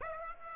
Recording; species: mosquito wingbeat signal from an infrared sensor; Aedes aegypti